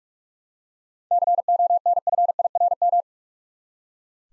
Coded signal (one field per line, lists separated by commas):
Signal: Morse code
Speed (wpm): 46 wpm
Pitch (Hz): 700 Hz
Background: none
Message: CONFIRM